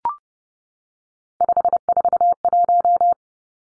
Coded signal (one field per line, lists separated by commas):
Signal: Morse code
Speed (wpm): 30 wpm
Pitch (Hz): 700 Hz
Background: none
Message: 541